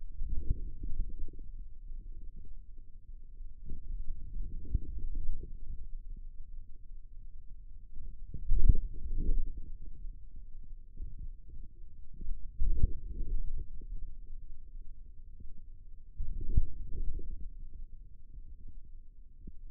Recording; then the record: forearm muscle sounds (acoustic myography)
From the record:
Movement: outward rotation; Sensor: system 2, bracelet of six BSWA MPA416 microphones around the upper forearm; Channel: 3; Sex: male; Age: 22 years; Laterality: right